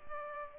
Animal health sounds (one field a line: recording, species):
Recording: mosquito wingbeat signal from an infrared sensor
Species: Culex pipiens